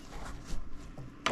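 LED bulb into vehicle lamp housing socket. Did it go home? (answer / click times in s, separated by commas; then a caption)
yes / 1.3 s. An LED bulb is lined up, then pushed and turned into the socket of a vehicle lamp housing on a Chevy Cruze LT being converted to an RS model. Low handling and rustling sounds lead up to a single sharp click at 1.3 seconds as the bulb locks into place, seated in the housing.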